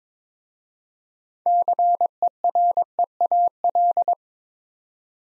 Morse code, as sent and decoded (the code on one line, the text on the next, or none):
-.-. . .-. . .- .-..
CEREAL